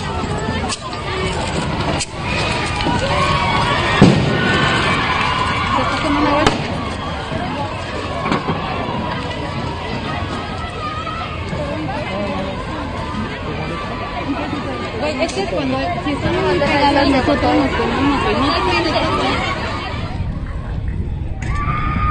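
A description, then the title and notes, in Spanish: Dense crowd noise from a clash between feminist protesters and police, with overlapping shouting voices, sharp bangs around four and six seconds, and steady loud commotion. Enfrentamiento entre feministas y policías en México.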